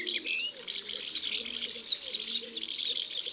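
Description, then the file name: Common house martin calls: a dense run of dry, rapid chirrups and twitters, with faint, softer low warbling notes beneath. "Hirondelle de fenetre ABC des chants doiseaux"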